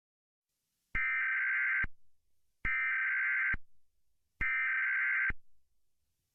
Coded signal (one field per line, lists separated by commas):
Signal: Emergency Alert System (SAME) tones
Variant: header bursts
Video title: EAS Public Announcement On July 4th